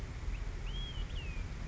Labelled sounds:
Olive-sided Flycatcher (Contopus cooperi)
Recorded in Sonoma County, California

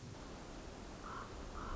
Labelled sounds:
Common Raven (Corvus corax)
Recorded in Sonoma County, California

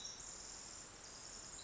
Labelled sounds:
Pacific Wren (Troglodytes pacificus)
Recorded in Sonoma County, California

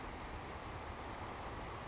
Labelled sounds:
Savannah Sparrow (Passerculus sandwichensis)
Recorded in Sonoma County, California

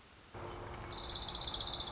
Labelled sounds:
Orange-crowned Warbler (Leiothlypis celata)
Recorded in Sonoma County, California

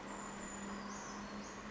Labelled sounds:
Brown Creeper (Certhia americana)
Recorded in Sonoma County, California

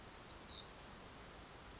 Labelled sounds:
Hutton's Vireo (Vireo huttoni)
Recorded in Sonoma County, California

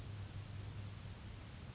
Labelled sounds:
Western Flycatcher (Empidonax difficilis)
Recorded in Sonoma County, California

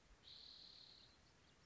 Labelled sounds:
Spotted Towhee (Pipilo maculatus)
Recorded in Sonoma County, California

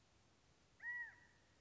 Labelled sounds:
California Quail (Callipepla californica)
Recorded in Sonoma County, California

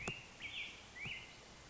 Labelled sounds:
Black-headed Grosbeak (Pheucticus melanocephalus)
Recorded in Sonoma County, California

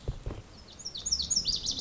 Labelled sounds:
Lazuli Bunting (Passerina amoena)
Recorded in Sonoma County, California

